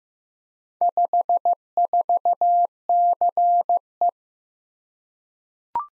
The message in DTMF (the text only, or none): none